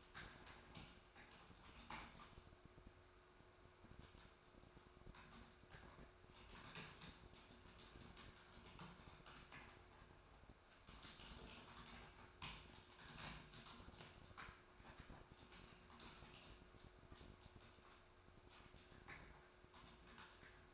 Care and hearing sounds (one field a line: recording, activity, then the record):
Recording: daily activity, microphone in the room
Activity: typing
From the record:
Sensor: 2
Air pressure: 1004.3 hPa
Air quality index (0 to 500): 188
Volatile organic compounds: 10 ppm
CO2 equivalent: 2250 ppm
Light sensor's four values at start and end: 4/11/4/4 and 4/11/4/4